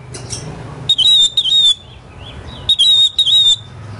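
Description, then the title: Oriental magpie-robin song in two loud bursts of piercing whistled notes, with softer whistles between. Kacer poci competition bird in full song (gacor), national champion; song styles nembak and ngerol; seven kinds of kacer sounds every three minutes. "Kacer Poci Gacor Nembak Dan Ngerol Juara Nasional. 7 macam suara kacer setiap 3 menit"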